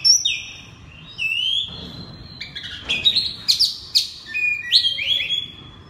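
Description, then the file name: Oriental magpie-robin singing long, steady whistled notes first, then a run of rapid, sharp, sweeping chirps toward the end. Singing loudly in the 'ngeplong' song style. "suara kacer ngeplong keras"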